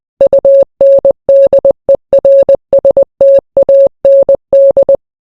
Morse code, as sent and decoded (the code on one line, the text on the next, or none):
..- -. -.. . .-. ... - .- -. -..
UNDERSTAND